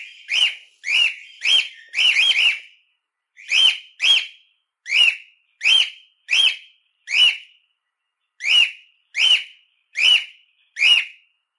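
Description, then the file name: Cockatiel giving a long series of short whistled chirps, with a few brief pauses. Harlequin (pied) cockatiel singing. "canto da calopsita arlequim"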